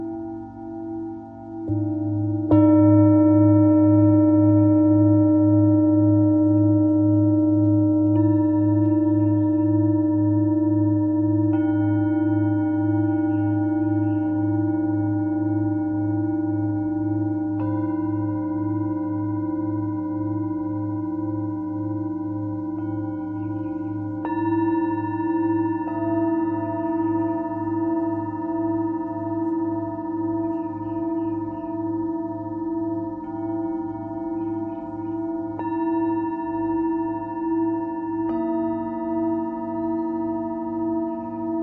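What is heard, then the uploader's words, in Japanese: Singing bowls ring in long, sustained tones, with a deep low hum underneath and several clear higher notes layered above. New strikes add fresh tones at about 2, 8, 14, 24 and 35 seconds, each blending into a steady, slowly fading shimmer. メキシコから おやすみシンギングボウルのサウンドヒーリング。小鳥さんの声とSinging Bowlの音。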